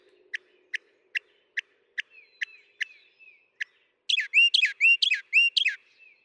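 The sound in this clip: Northern mockingbird song: a series of short clicking notes repeated twice a second, then abruptly switching to loud, complex, sweeping phrases in rapid succession.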